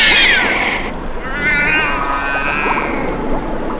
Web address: Halloween Nightmare CD Sound Effects 13-halloween sound effects-howling cats